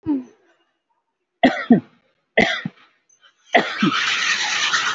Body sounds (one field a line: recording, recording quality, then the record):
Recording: heavy voluntary cough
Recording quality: moderate, slight background noise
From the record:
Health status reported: COVID-19 positive, no symptoms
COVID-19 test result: positive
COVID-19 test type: RT-PCR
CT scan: not taken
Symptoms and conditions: breathing difficulty, diabetes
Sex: male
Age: 58 years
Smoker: no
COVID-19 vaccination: both doses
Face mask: worn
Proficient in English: yes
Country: India